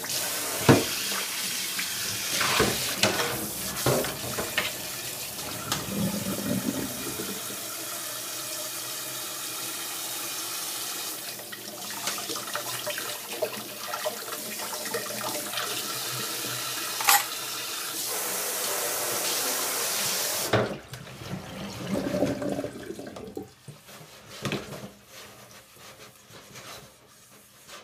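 While bonito tataki ramen is prepared, a kitchen tap runs steadily with clinks and knocks, then shuts off abruptly near twenty seconds.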